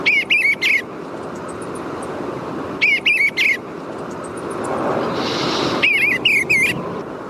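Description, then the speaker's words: Eastern bluebird song, short soft warbled phrases of a few rising-falling whistled notes, repeated about every three seconds over a steady low background rumble. Male singing to his mate from a perch near the nest; sweet chortling song; played back from a recording. "One of the most beautiful songs in the bird world is the sweet chortling song of the male eastern bluebird."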